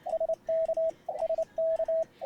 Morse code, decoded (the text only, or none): SK SK